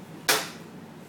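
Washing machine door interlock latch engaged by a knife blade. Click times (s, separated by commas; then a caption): 0.3 s. A knife blade is inserted into the door-lock hole of a washing machine with its door open and pressed so the door interlock latch engages, which is meant to let the machine start. A single sharp click sounds at 0.3 s, bright and broadband, and fades within a few tenths of a second over low background noise. The interlock latch seats with that click.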